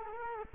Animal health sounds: mosquito wingbeat signal from an infrared sensor; Culex quinquefasciatus

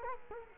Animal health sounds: mosquito wingbeat signal from an infrared sensor; Culex quinquefasciatus

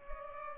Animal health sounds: mosquito wingbeat signal from an infrared sensor; Culex pipiens

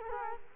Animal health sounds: mosquito wingbeat signal from an infrared sensor; Culex quinquefasciatus

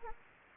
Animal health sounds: mosquito wingbeat signal from an infrared sensor; Anopheles gambiae

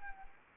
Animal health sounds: mosquito wingbeat signal from an infrared sensor; Anopheles arabiensis

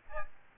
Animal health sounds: mosquito wingbeat signal from an infrared sensor; Aedes albopictus

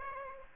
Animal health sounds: mosquito wingbeat signal from an infrared sensor; Aedes aegypti

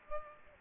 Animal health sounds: mosquito wingbeat signal from an infrared sensor; Aedes aegypti

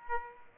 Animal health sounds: mosquito wingbeat signal from an infrared sensor; Aedes aegypti

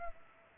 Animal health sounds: mosquito wingbeat signal from an infrared sensor; Culex pipiens

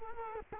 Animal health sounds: mosquito wingbeat signal from an infrared sensor; Culex quinquefasciatus

